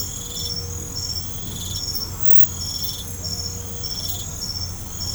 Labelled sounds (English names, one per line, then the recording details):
none
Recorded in pastures near Puerto Asís, Putumayo, Colombia, on 16 December 2024 at 00:00
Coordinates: 0.505, -76.324
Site G063